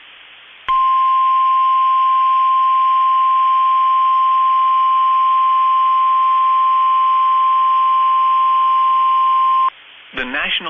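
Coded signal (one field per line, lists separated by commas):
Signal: Emergency Alert System (SAME) tones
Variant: 1050 Hz attention tone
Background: speech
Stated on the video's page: EAS severe thunderstorm warning from weather radio transmitter in Columbus, Ohio.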